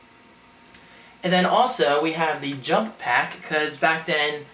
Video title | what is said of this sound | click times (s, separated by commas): Sega Dreamcast: 10 Years Later | snap into place and then you would see um games or any graphics of any kind on there | 0.7 s